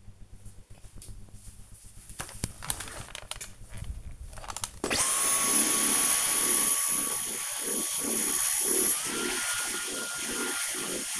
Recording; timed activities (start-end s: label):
household activities, microphone on the right wrist
0.29-11.20 s: vacuum cleaning